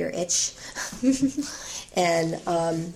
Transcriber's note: laughter